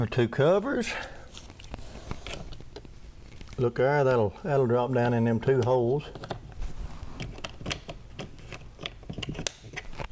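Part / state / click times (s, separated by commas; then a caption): plastic trim cover into car door panel holes / seated / 9.5 s. Someone talks while a small plastic trim cover for a car door panel is dropped into its two locating holes and pressed home, with light scattered taps and clicks in between. A sharp snap at 9.5 s marks the cover seating into place.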